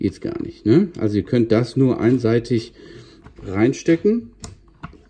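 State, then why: Seated. Someone talks while the battery plug of a SGILE remote-controlled racing boat for pool and outdoor use, which only fits one way round, is pushed into the boat's plastic power socket. A sharp click at 4.4 s marks the connector seating where it belongs, followed by a couple of fainter ticks.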